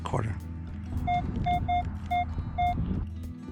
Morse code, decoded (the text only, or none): none